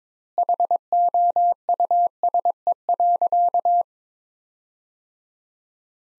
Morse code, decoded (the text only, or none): HOUSE.